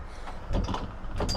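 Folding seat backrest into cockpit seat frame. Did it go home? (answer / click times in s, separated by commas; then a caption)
no / none. A hinged fibreglass and upholstered backrest section of the cockpit seating on a Merry Fisher 795 Sport Series 2 boat is lowered slowly into the cockpit seat frame to form a dining area. Rustling handling noise is heard, with short knocks around 0.7 s and 1.2 s. The section has not locked into place yet; nothing has seated.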